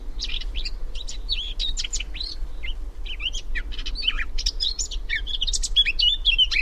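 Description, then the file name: Eurasian Blackcap giving quick, varied warbling and chattering notes in a near-continuous stream, with scratchy and clearer whistled elements mixed together. "Sylvia atricapilla"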